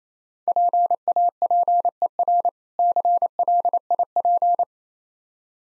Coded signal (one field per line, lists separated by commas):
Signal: Morse code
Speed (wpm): 28 wpm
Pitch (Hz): 700 Hz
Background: none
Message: PAPER CLIP